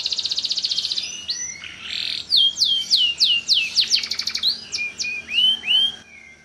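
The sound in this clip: Bird song: a rapid high trill, a harsh burst, then a lively series of loud downslurred whistles and quick chattering notes.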